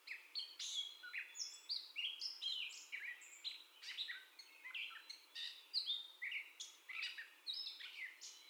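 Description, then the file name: Gray catbird song, a steady stream of squeaky, slurred and clicking notes in irregular phrases, each phrase unlike the last. First song, 30 May 2021. "2021-05-30 Catbird First Song"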